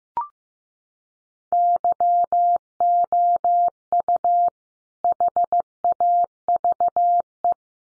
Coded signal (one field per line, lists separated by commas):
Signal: Morse code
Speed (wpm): 15 wpm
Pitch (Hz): 700 Hz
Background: none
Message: YOU HAVE